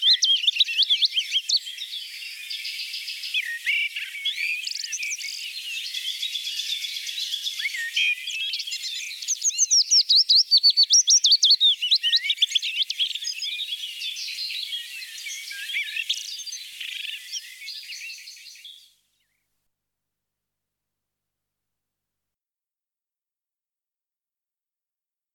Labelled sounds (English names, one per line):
Willow Warbler song